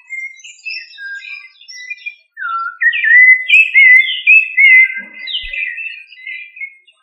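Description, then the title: Thrush singing a varied, whistled song: soft high notes at first, then louder, fluting phrases with slurred rising and falling notes delivered in quick succession. "Familia Turdidae - Sabia"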